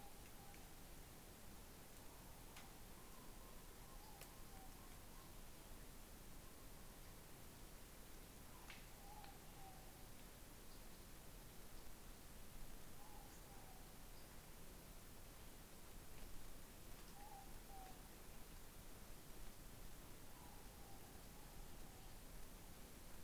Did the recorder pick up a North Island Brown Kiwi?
no